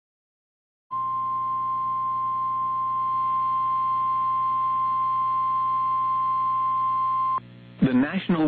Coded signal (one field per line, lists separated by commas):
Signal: Emergency Alert System (SAME) tones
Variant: 1050 Hz attention tone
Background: speech